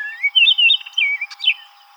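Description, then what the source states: Orchard oriole song: a quick run of slurred whistles, rising and falling between high notes, ending in a burbling flourish. Recorded 7 July 2007.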